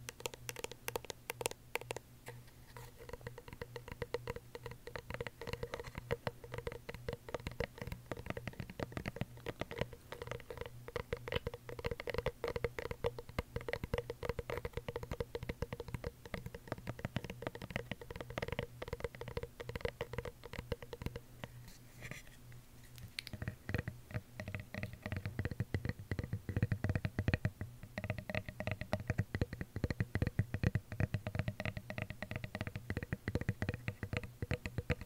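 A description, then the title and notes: Fast, dense tapping and light scratching, shifting to a deeper, fuller tapping texture around twenty-three seconds. ASMR Tapping For Sleep (No Talking).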